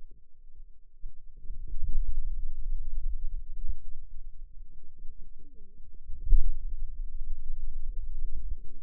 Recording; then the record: forearm muscle sounds (acoustic myography)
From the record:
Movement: finger pinch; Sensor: system 2, bracelet of six BSWA MPA416 microphones around the upper forearm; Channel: 1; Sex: female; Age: 21 years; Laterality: right